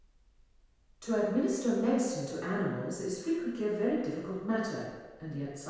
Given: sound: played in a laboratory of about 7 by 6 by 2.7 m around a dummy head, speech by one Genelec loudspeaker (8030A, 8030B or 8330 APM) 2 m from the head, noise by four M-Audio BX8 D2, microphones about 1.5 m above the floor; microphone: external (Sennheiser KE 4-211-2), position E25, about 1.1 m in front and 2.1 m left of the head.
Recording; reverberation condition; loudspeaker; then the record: female speech in English; high; behind (180 degrees)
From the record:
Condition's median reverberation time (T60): about 1300 ms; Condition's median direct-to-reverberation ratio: about -4.0 dB